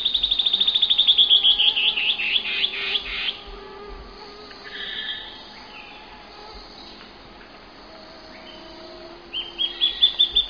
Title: LuckyPassaro Completos2Sama. Band-tailed Antbird (Hypocnemoides maculicauda)